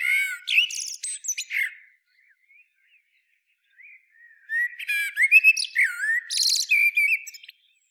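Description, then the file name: Eurasian blackbird, two song phrases of mellow fluting notes mixed with high scratchy twitters, separated by a quiet pause. "Turdus merula"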